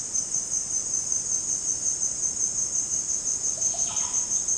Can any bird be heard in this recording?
yes